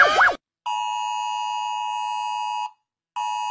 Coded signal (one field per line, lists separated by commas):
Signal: Emergency Alert System (SAME) tones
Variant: 853 and 960 Hz attention tone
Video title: Rating EAS Alarm Part 1 (Because why not? Warning: these contains flash)